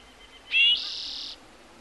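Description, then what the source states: Bird song: a single loud whistled note sliding upward into a sustained high buzzy tone, lasting under a second. Bird heard in the morning.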